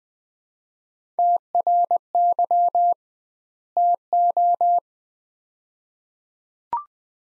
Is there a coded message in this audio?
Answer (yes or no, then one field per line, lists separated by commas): yes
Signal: Morse code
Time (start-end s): 1.2-4.8 s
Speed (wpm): 20 wpm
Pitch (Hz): 700 Hz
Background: none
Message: TRY TO